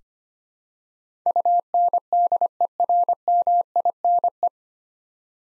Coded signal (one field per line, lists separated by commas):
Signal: Morse code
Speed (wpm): 25 wpm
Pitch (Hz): 700 Hz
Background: none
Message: UNDERMINE